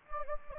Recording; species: mosquito wingbeat signal from an infrared sensor; Anopheles gambiae